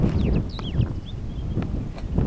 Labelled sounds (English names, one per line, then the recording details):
Superb Starling flight call
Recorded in Kenya